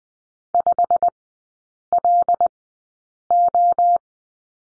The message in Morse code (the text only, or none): 5LO